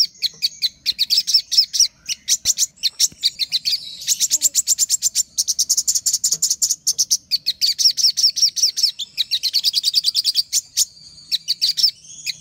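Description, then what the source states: Little spiderhunter song: long fast series of sharp high chips merging into buzzy trills, with short gaps between the bursts. Master recording used for training birds.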